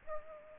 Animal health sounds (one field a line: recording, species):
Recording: mosquito wingbeat signal from an infrared sensor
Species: Aedes aegypti